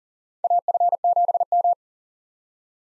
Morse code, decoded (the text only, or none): AF7M